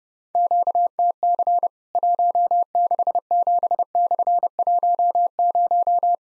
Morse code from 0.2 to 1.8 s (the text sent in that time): QTC